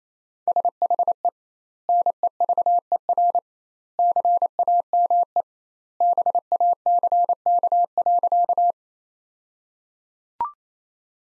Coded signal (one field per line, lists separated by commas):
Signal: Morse code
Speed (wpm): 28 wpm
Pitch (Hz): 700 Hz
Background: none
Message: SHE NEVER CAME BACK.